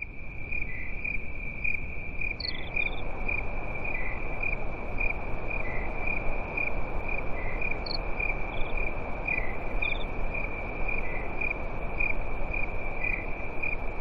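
Crickets chirping in a steady high-pitched series, short pulses repeated regularly over a constant ringing tone, with a low rumbling background noise throughout.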